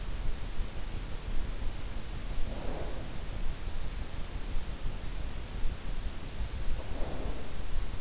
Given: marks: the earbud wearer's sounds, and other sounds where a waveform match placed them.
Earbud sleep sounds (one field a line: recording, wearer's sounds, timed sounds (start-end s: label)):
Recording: sounds in sleep by an in-ear microphone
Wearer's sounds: snoring breath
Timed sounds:
2.26-3.06 s: snoring breath
6.60-7.46 s: snoring breath